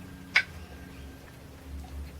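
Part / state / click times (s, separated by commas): valve half cotter coming off a valve stem into a magnetic spring compressor / released / 0.4 s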